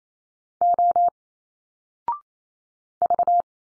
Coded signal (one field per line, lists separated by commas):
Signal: Morse code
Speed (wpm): 28 wpm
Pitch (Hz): 700 Hz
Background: none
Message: O V